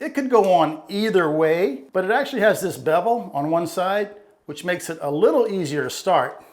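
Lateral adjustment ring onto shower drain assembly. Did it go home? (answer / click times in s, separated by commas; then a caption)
no / none. A beveled plastic lateral adjustment ring is handled and started on its beveled side to push onto a shower drain assembly while someone talks throughout. Nothing has seated or clicked yet; the clip ends just before the ring goes home.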